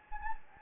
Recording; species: mosquito wingbeat signal from an infrared sensor; Anopheles gambiae